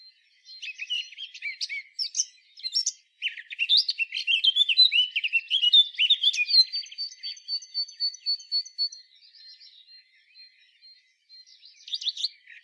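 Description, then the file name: Eurasian blackcap singing a fast, scratchy warble of jumbled high notes, then a thin, even trill held for a few seconds, a pause, and a short final burst. "Sylvia atricapilla"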